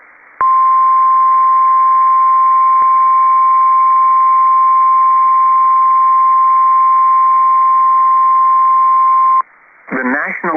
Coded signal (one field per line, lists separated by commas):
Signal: Emergency Alert System (SAME) tones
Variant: 1050 Hz attention tone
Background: speech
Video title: PDS Tornado Warning | EAS #519